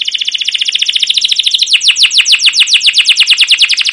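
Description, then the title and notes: Canary song: an unbroken rapid trill of high, sharply falling notes that slows slightly partway, bright and continuous throughout. Long continuous 'cuit cuit ngerol' canary song, used as a lure and master recording for young canaries learning sounds, for training caged birds. "CUIT CUIT NGEROL LANGSUNG GACOR PANJANG Kenari Pancingan KENAR. PANCINGAN Kenari GACOR PANJANG Cuit CUIT EMOSI MASTERAN Kenari PAUD belajar BUNYI. burung kenari"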